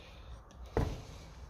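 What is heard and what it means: A bent metal spring clip on a 1953 Lucas D3A4 distributor cap for a Ferguson 20 is snapped back onto the cap to demonstrate. A faint tick comes at 0.5 s, then a sharp, bright click at 0.8 s as the clip seats home. The click is approved as the right sound.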